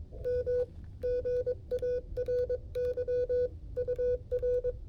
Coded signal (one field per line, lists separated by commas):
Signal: Morse code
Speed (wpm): 22 wpm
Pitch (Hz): 500 Hz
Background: none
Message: M GARY UR